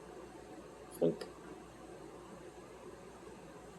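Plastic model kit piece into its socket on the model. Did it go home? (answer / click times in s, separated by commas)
yes / 1.0 s, 1.2 s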